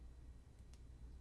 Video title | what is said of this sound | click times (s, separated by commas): Bling It On! Moissanite & More with Lauren Masters | hear that click and then you have your double safeties right there on the side | 0.7 s